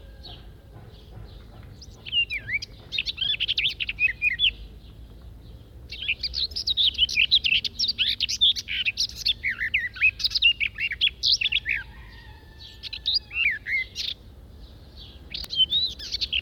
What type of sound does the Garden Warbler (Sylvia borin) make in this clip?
song